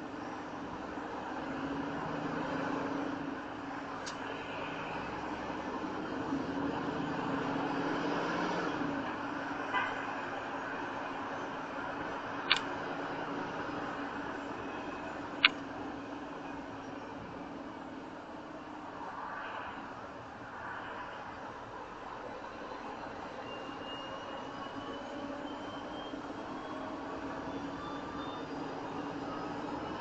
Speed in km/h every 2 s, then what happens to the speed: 21, 23, 26, 32, 32, 34, 34, 32, 29, 26, 23, 23, 26, 29, 31.
0-9 speeds up to 34. 9-14 steady at about 34. 14-19 slows to 23.